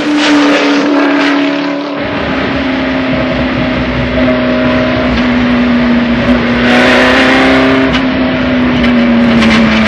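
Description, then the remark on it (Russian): A race car engine roars loudly and continuously as it speeds through a turn, its pitch holding steady with a slight dip and rise, over a rushing road and wind noise, with no talking. “Машина несется по виражу.”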